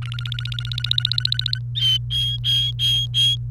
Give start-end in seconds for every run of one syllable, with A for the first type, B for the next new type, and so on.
0.02-1.59 A, 1.75-3.36 B